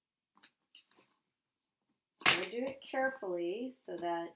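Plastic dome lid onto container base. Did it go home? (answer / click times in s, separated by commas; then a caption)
no / none. A plastic dome lid is being placed onto a condensation chamber's container base, listening for a small clicking seal. A few faint, quiet taps come early on, then someone talks from about 2.2 seconds onward. The dome lid has not yet snapped on; nothing has clicked or seated yet.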